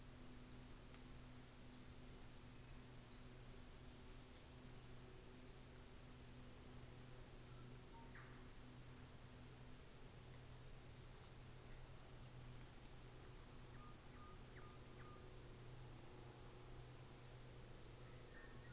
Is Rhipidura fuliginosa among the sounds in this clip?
yes